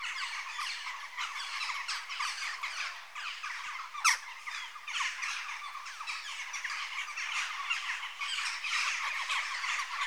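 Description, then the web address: Continuous jackdaw chorus of overlapping short chacks, with one sharp louder click-like note at about four seconds. Adult birds. "BBC Sound Effects Library (Birds) Jackdaw (Corvus Monedula) Adults"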